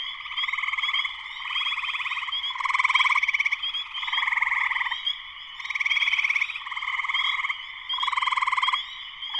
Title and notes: Spring peepers (chorus frogs) in full chorus shortly after sunset in the Sleeping Bear Dunes National Lakeshore in northern Michigan, USA.